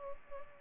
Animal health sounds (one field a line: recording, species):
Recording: mosquito wingbeat signal from an infrared sensor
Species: Culex pipiens